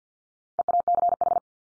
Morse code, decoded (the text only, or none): EACH